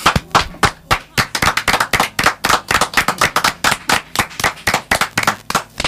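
Steady live applause from a small group during a radio programme, with dense, sharp hand claps repeating quickly and evenly throughout, loud and without talking over it.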